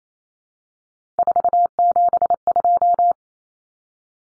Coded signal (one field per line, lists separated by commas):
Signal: Morse code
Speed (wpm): 28 wpm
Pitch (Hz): 700 Hz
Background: none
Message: 472